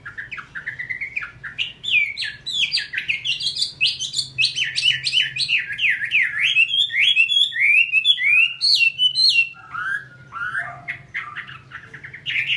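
Chinese hwamei song, a long energetic stream of rapid whistled and slurred notes, climbing and tumbling in varied phrases, some harsher notes near the end, with a constant low hum.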